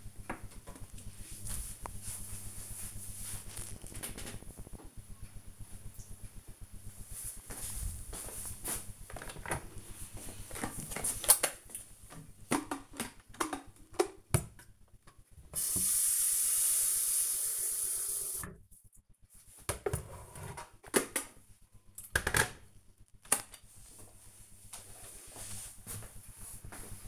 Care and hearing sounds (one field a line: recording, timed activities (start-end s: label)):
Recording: household activities, microphone on the right wrist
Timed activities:
7.66-27.08 s: making tea